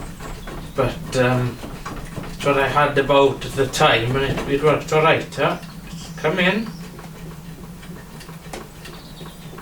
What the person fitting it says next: Nice click in.